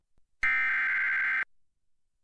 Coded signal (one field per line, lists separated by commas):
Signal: Emergency Alert System (SAME) tones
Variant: header bursts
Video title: EAS Severe Thunderstorm Warning During Odd Squad (2021 WNPT-DT3)